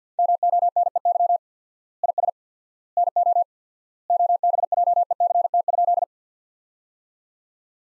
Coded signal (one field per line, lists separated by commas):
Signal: Morse code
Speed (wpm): 50 wpm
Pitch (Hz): 700 Hz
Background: none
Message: MONEY IS NO OBJECT?